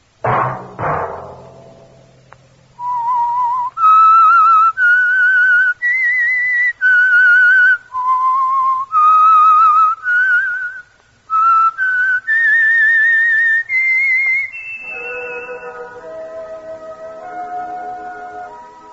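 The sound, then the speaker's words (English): After a brief opening thud, a loud, clear whistled theme melody of sustained notes steps up and down for about ten seconds, then gives way to a sustained, swelling orchestral chord. “Whistle be your signal for the Signal Oil program, The Whistler, each Sunday night at this same time”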